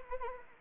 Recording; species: mosquito wingbeat signal from an infrared sensor; Anopheles arabiensis